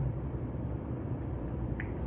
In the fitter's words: if we get it in yeah it snapped and that's